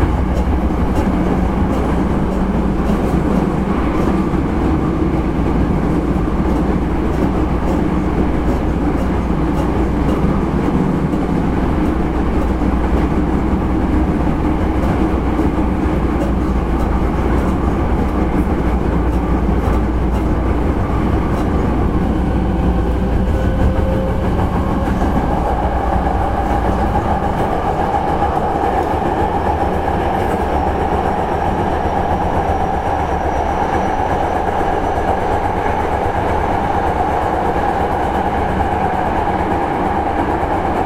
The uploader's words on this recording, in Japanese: 阪急電鉄9300系電車の走行音です。京都線の特急列車にて収録しました。区間は高槻市から烏丸までです。